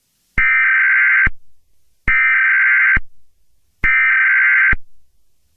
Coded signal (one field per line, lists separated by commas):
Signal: Emergency Alert System (SAME) tones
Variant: header bursts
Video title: The Warden - Radio EAS scenario